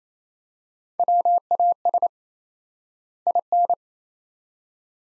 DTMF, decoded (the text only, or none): none